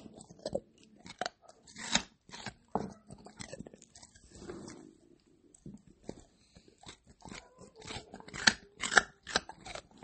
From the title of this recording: Eating Carrots